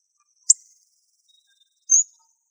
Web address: Coccothraustes coccothraustes